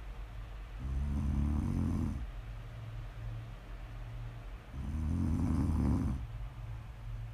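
ASMR snoring from an adult sleeper: two long, low rumbling snores about four seconds apart, with quiet breathing between them.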